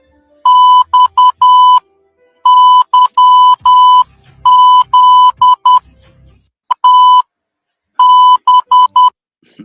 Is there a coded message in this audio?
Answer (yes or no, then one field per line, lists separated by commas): yes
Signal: Morse code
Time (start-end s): 0.5-9.1 s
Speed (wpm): 10 wpm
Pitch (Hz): 1000 Hz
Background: music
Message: X Y Z T B